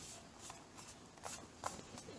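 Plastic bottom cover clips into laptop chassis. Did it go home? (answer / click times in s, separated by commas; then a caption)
yes / 1.3 s, 1.7 s, 2.0 s. The plastic bottom cover of a laptop is pressed down evenly around its edges after an SSD swap, so its plastic retaining clips snap into the chassis. Over a soft rubbing, shuffling background, sharp snaps are heard at 1.3, 1.7 and 2.0 seconds, and the cover is seated.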